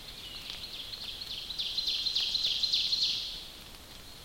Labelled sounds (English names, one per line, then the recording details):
Ovenbird song
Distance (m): 55 m
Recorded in boreal forest in Alberta, Canada, on 29 May 2016 at 07:24
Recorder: SongMeter 3, array SBT-3-49
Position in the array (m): 56 m, 262 m
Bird 14